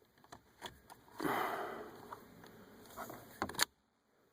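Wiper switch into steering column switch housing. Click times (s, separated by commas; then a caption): 3.6 s. A new plastic wiper/washer switch for a 2013 Hyundai Accent is pushed into the steering column switch housing. Faint taps and a broad rustling swell from about 1.2 s give way to a cluster of sharp clicks at 3.4–3.6 s, then silence. The switch locks into place with the strongest click at 3.6 s.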